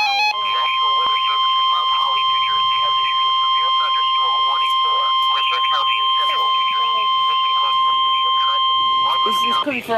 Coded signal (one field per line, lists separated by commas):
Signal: Emergency Alert System (SAME) tones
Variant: 1050 Hz attention tone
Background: speech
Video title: Severe T'Storm Warning (EAS #406)